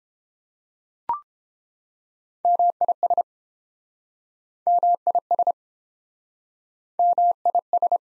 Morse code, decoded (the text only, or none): MIS MIS MIS